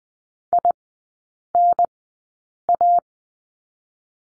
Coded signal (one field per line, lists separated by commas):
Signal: Morse code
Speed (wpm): 20 wpm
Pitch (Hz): 700 Hz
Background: none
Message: INA